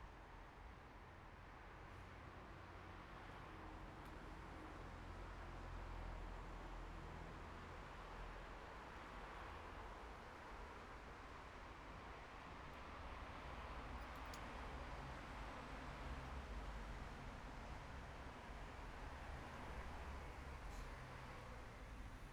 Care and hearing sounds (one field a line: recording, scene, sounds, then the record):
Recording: everyday scene through a hearing-aid microphone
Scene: in traffic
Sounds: traffic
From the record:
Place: bus stop on a city main road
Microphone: behind the ear, right, front